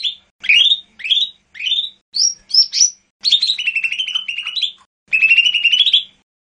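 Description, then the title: Bird song of sweet upslurred whistles repeated about twice a second, followed by longer rapid trilled phrases, clear and loud with no other sounds. "SuaraBurung Kicau"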